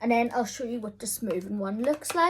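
A smoothing brush attachment for a Shark Flexstyle Frizz Fighter air styler is being handled while someone talks. The attachment is about to be pushed onto the handle, where a click shows it is on tight, but nothing has seated or clicked yet.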